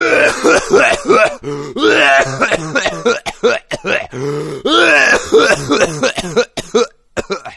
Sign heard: Cough ringtone.